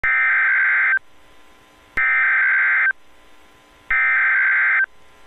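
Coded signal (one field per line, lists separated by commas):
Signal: Emergency Alert System (SAME) tones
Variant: header bursts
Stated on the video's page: Tornado Warning relayed on NOAA Weather Radio station KZZ81 Chicago, requested EAS activation from National Weather Service Chicago.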